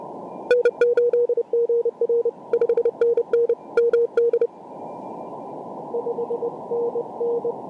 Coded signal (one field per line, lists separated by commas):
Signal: Morse code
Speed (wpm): 25 wpm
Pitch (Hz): 470 Hz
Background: radio noise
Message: N8GR 5NN MD 5NN